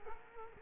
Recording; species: mosquito wingbeat signal from an infrared sensor; Culex quinquefasciatus